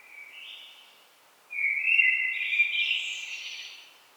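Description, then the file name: Common blackbird song: a faint phrase ending at the start, then one loud phrase of fluted warbling that rises into a busy, high-pitched twitter. "Turdus merula"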